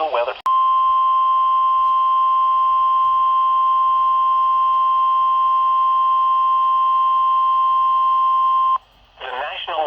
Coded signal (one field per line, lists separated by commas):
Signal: Emergency Alert System (SAME) tones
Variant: 1050 Hz attention tone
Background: speech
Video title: SNOW SQUALL OUTBREAK... EAS Alerts from 3/28/22 (EAS #887-890)